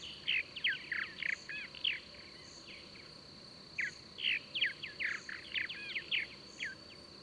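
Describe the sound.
Bird chirping in two bursts of quick, sharp notes separated by a pause of about a second and a half, over a steady high hum and soft regular ticking pulses.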